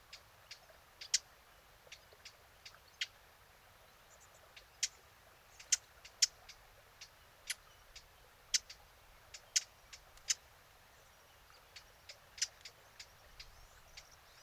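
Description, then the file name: Eurasian blackcap tack calls, sharp dry clicks coming in irregular bursts with short pauses, over a low hiss. "Sylvia atricapilla"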